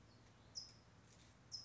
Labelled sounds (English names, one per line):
California Towhee